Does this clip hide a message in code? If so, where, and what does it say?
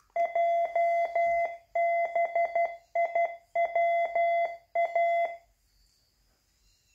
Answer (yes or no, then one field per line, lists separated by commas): yes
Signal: Morse code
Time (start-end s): 0.2-5.3 s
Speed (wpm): 12 wpm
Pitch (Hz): 680 Hz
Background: none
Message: JBIWA